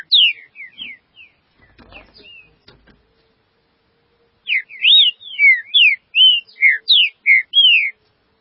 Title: Trinca Ferro